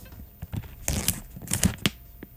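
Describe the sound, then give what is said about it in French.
Resealable aluminium foil packaging is torn open before its contents are poured into bowls, in a few sharp, crackling bursts with crinkly rustling between them, uneven in rhythm and fairly loud, with no voices. “C'est ça, on dirait qu'on a des emballages de la même sorte. Mais bon, c'est du papier d'aluminium, évidemment refermable.”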